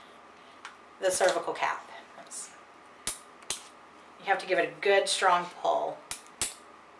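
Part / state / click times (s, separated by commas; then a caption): plastic applicator plunger locking in its barrel / seated / 6.4 s. A plastic conception-aid applicator's plunger is pulled down firmly in its barrel while someone talks. Sharp clicks sound at about 0.7, 3.1 and 3.5 seconds. The plunger locks into place with a sharp snap at 6.4 seconds.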